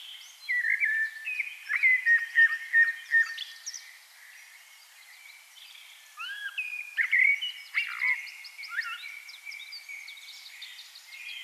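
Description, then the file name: Common blackbird with mellow, slurred whistles in two louder stretches, mixed with busy high trills and chirps. "Turdus merula"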